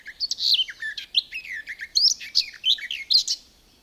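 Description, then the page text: Garden warbler singing a continuous, mellow babbling warble of quick varied phrases, steady throughout and ending abruptly near the close. "Звуки птиц - Садовая славка"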